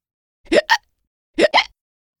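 Two brief double-burst sounds about a second apart, each a sharp voiced catch followed by a quick second pulse, typical of hiccups. A hiccup is a sudden involuntary spasm of the diaphragm that snaps the vocal cords shut; once started, hiccups can be hard to stop.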